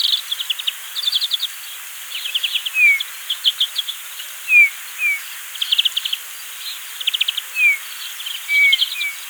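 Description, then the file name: Eurasian bullfinch giving soft, short, downslurred piping whistles, spaced irregularly, amid repeated rapid high buzzy trills from other birds. "Pyrrhula pyrrhula"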